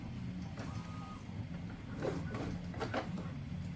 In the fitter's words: but it does go up and it does lock into place